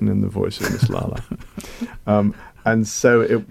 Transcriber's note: laughter